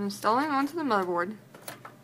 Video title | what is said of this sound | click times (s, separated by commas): Komputerbay 8GB (2 X 4GB) DDR3 DIMM (240 pin) 1866MHZ PC3-14900 PC3-15000 8 GB KIT CL 9-11-9-29 | when you hear clicking noise just as such the memory is secure | 1.7 s